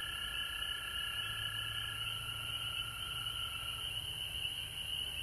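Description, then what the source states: Chorus of frogs, steady overlapping trills over a constant high-pitched hiss. Recorded at home in Georgia on March 19, 2020.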